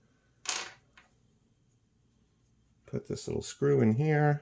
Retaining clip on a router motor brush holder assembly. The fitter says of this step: retaining clip back on it pops right in